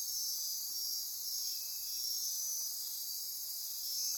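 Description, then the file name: Insect chorus of dense, steady high-pitched trilling, unbroken across the short stretch. Insect chorus at midnight near Corcovado. "Wind-is-the-Original-Radio-Fridays 20240628 Andy-Martin Midnight-Insect-Chorus-Near-Corcovado"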